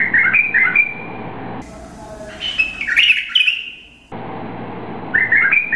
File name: audio kutilang irak. omkicau